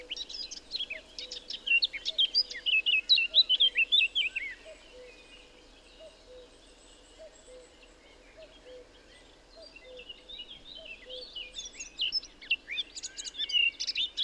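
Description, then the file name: Eurasian blackcap warbling in scratchy, twittering bursts with clear notes, over a steady, evenly repeated low pulsing tone. "Sylvia atricapilla"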